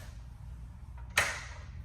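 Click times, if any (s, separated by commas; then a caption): 1.2 s. The bottom locking pin on the left side of a metal calibration stand is engaged and lands with a single sharp metallic clunk at 1.2 s, seating and locking the pin into position. A faint tick comes just before at about 1.0 s, over a steady low hum.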